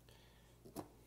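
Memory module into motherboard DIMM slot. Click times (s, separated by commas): 0.8 s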